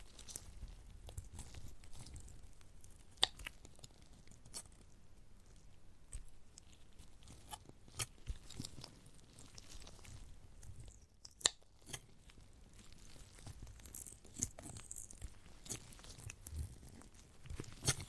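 Chewing on a giant gummy bear, with soft wet bites and squelches scattered irregularly throughout. Sharper clicks and smacks stand out near 3, 11 and 15 seconds, and a faint low rumble sits underneath. A brief quieter stretch falls around 11 seconds.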